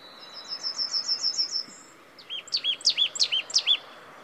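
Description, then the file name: Marsh tit calling: a fast train of small, high notes, a short gap, then several louder two-part notes, each a downward sweep and a lower arch, about three per second. "Poecile palustris"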